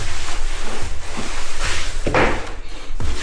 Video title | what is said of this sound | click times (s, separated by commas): Watch This Floor Get a Total Makeover! | You hear that click? | 3.0 s